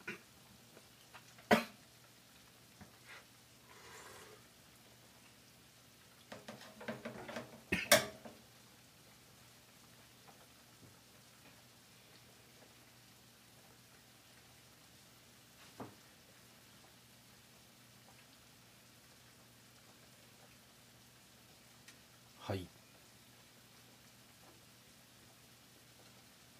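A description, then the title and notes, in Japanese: Make-ahead food being prepared for lunch boxes, over a steady low hum. Sharp clicks and knocks land now and then, near the start, around eight seconds, then at about sixteen and twenty-two, with a brief rattling clatter building up just before eight seconds. 環境音 弁当用につくりおき。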